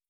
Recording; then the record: hydrophone in a shrimp aquaculture tank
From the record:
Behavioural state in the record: starved